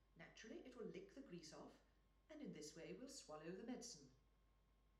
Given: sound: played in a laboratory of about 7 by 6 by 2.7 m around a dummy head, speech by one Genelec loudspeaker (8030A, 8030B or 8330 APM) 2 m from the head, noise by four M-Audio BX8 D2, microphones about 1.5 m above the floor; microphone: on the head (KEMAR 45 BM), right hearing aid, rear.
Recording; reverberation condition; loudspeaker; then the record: female speech in English; medium; 60 degrees to the right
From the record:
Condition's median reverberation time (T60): about 510 ms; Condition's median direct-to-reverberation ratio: about -0.5 dB